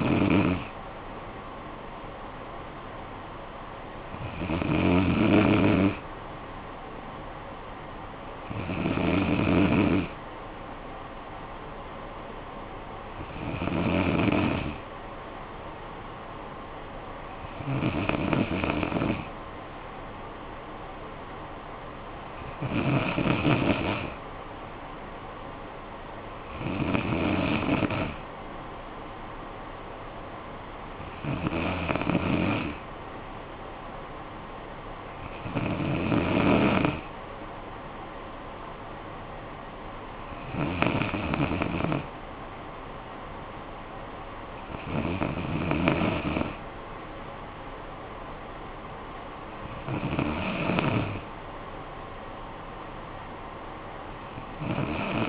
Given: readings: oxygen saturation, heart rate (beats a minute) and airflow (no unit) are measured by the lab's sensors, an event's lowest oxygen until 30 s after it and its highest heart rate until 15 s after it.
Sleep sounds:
breathing in sleep by a voice recorder at the bedside; none
22.00-55.29 s: new sleep stage, N2 (light sleep)
From the record:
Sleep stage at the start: N3 (deep sleep); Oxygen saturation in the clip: 94 to 95%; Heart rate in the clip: 55 to 62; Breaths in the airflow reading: 12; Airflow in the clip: -10.0 to 5.9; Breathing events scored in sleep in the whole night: 445 in 7.6 hours asleep

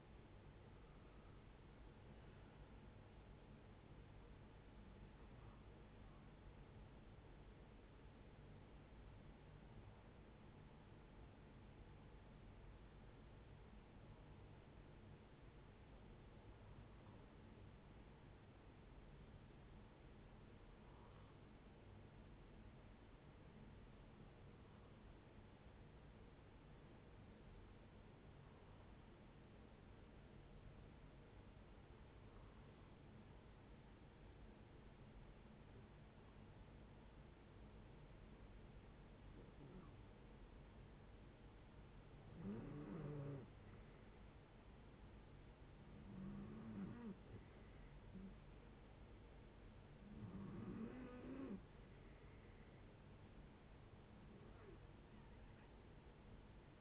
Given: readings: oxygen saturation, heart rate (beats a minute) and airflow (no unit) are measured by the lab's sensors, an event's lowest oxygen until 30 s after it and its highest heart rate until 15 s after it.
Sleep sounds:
breathing in sleep by a voice recorder at the bedside; 1
9.00-41.30 s: hypopnea (REM, oxygen 95% highest, then 80% lowest, heart rate 72 at the start, 77 highest)
From the record:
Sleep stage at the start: REM sleep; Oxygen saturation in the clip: 80 to 95%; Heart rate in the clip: 62 to 81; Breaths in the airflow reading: 15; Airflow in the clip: -9.0 to 8.9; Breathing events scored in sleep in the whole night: 496 in 5.4 hours asleep

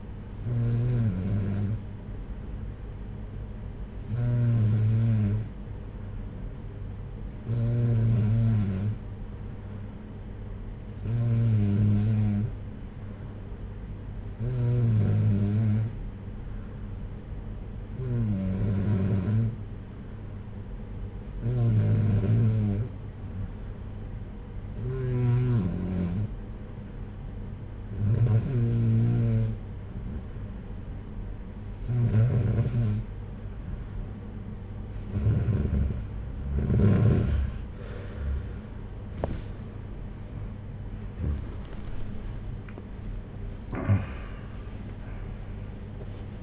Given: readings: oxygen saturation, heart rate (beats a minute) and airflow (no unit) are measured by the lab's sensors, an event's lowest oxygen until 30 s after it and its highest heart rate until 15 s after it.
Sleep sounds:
breathing in sleep by a smartphone at the bedside; 1
19.00-41.90 s: hypopnea (N3, oxygen 93% highest, then 93% lowest, heart rate 61 at the start, 83 highest)
From the record:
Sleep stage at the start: N3 (deep sleep); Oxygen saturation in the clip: 93 to 94%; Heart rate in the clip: 59 to 75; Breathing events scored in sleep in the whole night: 226 in 8.8 hours asleep

